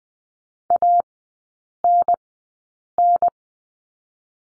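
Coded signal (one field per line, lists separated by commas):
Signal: Morse code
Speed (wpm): 20 wpm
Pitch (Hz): 700 Hz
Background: none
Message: ANN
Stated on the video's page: Morse code course lesson drill on letter N, three-character groups, Farnsworth speed 20/10 wpm.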